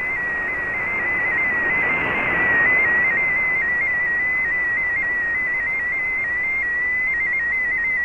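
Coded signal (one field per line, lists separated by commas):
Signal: multi-tone FSK (Olivia or MFSK type)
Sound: a single warbling tone hopping rapidly between close pitches, steady throughout, over hiss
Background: radio static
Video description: Here is my decode of the Shortwave Radiogram broadcast today on 15770Khz shortwave radio at 1300UTC in MFSK16, 32 and 64 and with 8 SSTV images.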